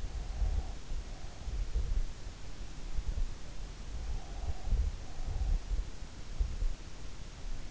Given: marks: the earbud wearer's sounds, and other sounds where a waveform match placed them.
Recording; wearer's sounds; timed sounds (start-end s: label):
sounds in sleep by an in-ear microphone; breath
0.00-1.94 s: breath
3.75-6.08 s: breath